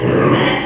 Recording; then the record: squeal of a Yucatan mini pig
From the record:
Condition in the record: before surgery on the right vocal fold (resection and tissue-engineered implant); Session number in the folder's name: 2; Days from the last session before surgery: 0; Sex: male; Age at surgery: 12 weeks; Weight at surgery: 13 kg